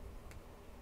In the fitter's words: You can barely hear it, but it clicks and it sits in place.